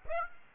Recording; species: mosquito wingbeat signal from an infrared sensor; Aedes aegypti